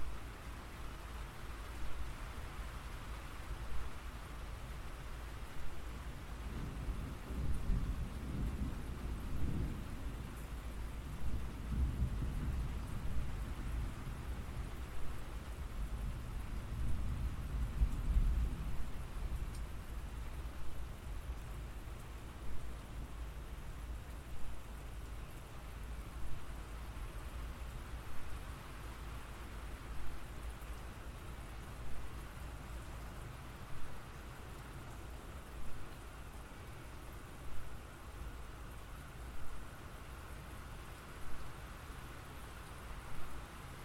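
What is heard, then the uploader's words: Rain falls steadily in a dense, even hiss with soft pattering across the whole clip. Between about seven and nineteen seconds a low rumble of thunder rolls underneath, swelling and fading, before the rain continues alone at an unchanging level. 39 Minutes of Soothing Rain Sounds.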